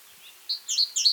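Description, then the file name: Great tit calls: a faint lower note, then several short high chirping notes in quick succession, over a quiet background. "Parus major"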